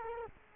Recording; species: mosquito wingbeat signal from an infrared sensor; Culex quinquefasciatus